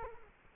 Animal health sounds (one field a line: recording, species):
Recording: mosquito wingbeat signal from an infrared sensor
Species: Culex quinquefasciatus